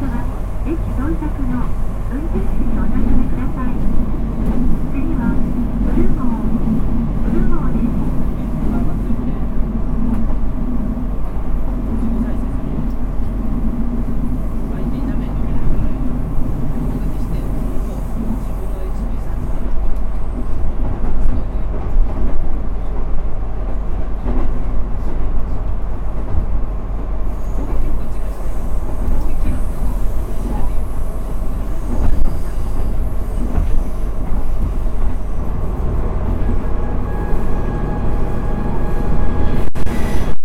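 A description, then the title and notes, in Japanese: A diesel railcar runs steadily, recorded from inside: a constant low engine drone with a rumbling undertone around 200 in the first half that eases after about 15 seconds. Faint voices and small rattles sit beneath, and a sharp click comes near the end. JR九州 200系気動車の走行音です。久大線の普通列車で録音しました。区間は、大分から賀来までです。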